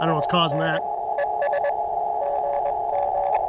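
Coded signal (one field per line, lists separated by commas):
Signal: Morse code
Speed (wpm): 23 wpm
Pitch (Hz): 570 Hz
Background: speech, radio noise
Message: IN ES GM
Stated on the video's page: CW summit activation on 40m, starting slowly and picking up toward the end.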